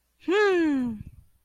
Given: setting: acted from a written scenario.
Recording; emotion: vocal sound without words; pride